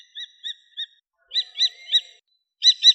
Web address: Falco tinnunculus